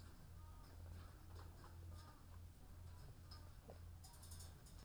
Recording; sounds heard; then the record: poultry house recording; sick chickens (respiratory disease)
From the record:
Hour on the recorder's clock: 13